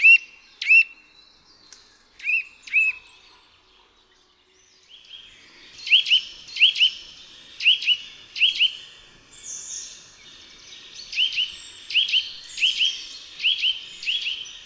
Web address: Ptaki Kowalik